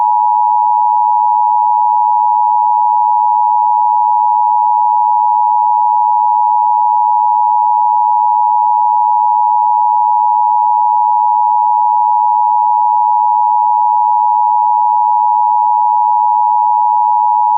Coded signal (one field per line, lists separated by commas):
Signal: Emergency Alert System (SAME) tones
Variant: 853 and 960 Hz attention tone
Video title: Premiere #2: EAS Videos (MAYBE VALID TONES)